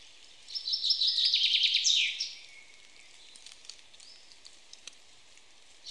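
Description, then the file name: Common chaffinch sings a brisk, high trill that descends into a flourish, followed by soft background chirping. "Fringilla coelebs"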